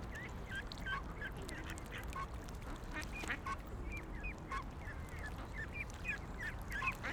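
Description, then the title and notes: Ducks calling repeatedly with short nasal quacks and chirps throughout, over a steady low background rumble. Ducks on a lake in a park in Vienna, being fed by people. "Patos Viena. Este es el momento en el cual en un parque de Viena damos comida a unos patos que encontramos en un lago"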